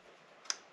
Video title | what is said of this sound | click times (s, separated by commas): Air Lift WirelessOne EZ On Board Compressor, 2022 Toyota Tundra TRD Pro...Install/Setup...Must Have! | and you'll feel a little click and you'll also hear it probably didn't show up on camera because it's very minimal | 0.5 s